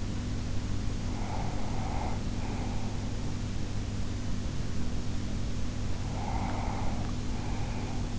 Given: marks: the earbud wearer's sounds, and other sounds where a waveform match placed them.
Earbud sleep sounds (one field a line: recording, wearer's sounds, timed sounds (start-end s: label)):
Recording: sounds in sleep by an in-ear microphone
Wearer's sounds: breath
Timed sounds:
1.22-3.74 s: breath
5.74-8.19 s: breath